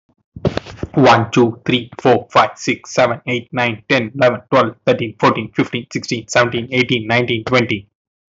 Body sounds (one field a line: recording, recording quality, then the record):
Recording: counting at a fast pace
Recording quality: excellent, no background noise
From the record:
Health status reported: healthy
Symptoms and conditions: cough, cold, loss of smell and taste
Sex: male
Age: 28 years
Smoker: not ticked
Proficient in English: yes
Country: India